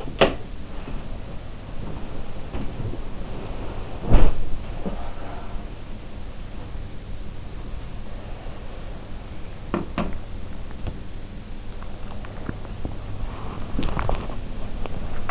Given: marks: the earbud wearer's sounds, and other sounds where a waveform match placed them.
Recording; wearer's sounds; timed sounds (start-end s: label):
sounds in sleep by an in-ear microphone; body movement
0.00-5.39 s: body movement
9.72-15.31 s: body movement